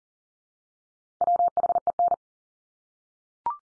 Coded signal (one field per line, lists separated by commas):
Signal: Morse code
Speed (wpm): 40 wpm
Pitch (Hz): 700 Hz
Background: none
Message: WHEN